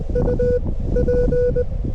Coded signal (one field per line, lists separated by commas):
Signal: Morse code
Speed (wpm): 23 wpm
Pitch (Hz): 500 Hz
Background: none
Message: UP